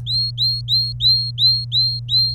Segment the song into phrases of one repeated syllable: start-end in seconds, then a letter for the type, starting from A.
0.00-2.35 A